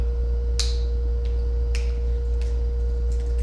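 A fluid fitting nut with ferrule is tightened into a dispensing pump module using a torque-limiting extension tool rather than by hand. The tool gives a sharp click at 0.6 s when it reaches its torque setting, meaning the fitting is tight enough. Two fainter ticks follow at 1.8 s and 2.4 s over a steady low hum and tone.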